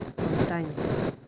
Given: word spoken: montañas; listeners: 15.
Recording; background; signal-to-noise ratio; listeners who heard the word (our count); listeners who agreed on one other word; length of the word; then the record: one Spanish word in noise, from a listening test; noise modulated by three-talker babble; -6.0 dB; 3 of 15; 9 of 15; 0.88 s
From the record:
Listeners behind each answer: 9, 3, 1, 1, 1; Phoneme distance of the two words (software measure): 10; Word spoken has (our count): 3 syllables, 8 phonemes, stress on syllable 2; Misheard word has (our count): 3 syllables, 8 phonemes, stress on syllable 2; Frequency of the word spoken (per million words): 27.03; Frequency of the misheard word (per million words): 0.11